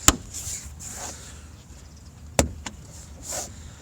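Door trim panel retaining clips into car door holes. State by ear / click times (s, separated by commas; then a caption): seated / 0.1 s, 2.4 s. The plastic door trim panel of a 2013 Hyundai Elantra is pushed against the door so its white and yellow retaining clips snap into their holes, working around the panel. Sharp clicks ring out at 0.1 s and 2.4 s, with a softer tick just after at about 2.7 s, between soft rustling and hiss. The clips seat in place.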